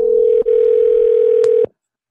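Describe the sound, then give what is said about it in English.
A telephone dial tone, placing a call back to someone who hung up, hums as one steady, loud, mid-pitched drone, dropping out once for a split second, then stopping abruptly after about a second and a half. No one speaks. “Let's call him back.”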